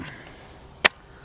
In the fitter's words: locks in place,